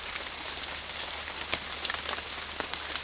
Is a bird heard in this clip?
no